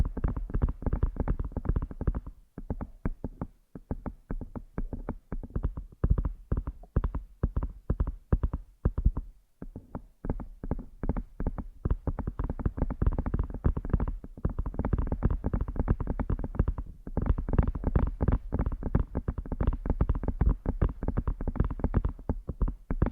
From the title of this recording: ASMR using Headphones as a Mic Brain Melting Massage Triggers